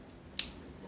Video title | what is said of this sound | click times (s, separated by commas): Urban Update #2 | there's one that clicked into place. | 0.4 s